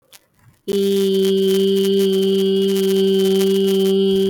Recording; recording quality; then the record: sustained vowel as in beet; excellent, no background noise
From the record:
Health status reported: healthy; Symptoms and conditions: none ticked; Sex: female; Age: 30 years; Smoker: not ticked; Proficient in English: yes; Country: India